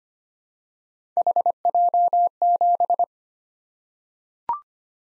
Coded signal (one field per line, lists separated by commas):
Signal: Morse code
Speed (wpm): 25 wpm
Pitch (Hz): 700 Hz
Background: none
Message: HJ7